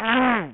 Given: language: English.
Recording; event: throat vibration sensor signal played as sound; throat clearing